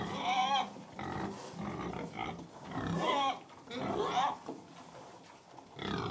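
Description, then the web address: Pig feeding: chewing and snuffling noises with short grunts and squeals, in uneven bursts throughout. Close perspective of a pig feeding; livestock. "BBC Sound Effects Library. Close Perspective Of Pig Feeding"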